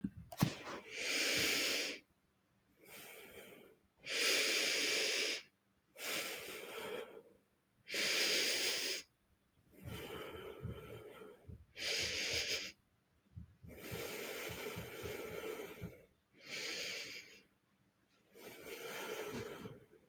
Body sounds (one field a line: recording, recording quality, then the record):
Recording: deep breathing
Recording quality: excellent, no background noise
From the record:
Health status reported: recovered from COVID-19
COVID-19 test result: positive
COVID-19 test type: rapid antigen test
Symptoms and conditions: sore throat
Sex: male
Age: 25 years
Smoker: no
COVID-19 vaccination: both doses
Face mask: not worn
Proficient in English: yes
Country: India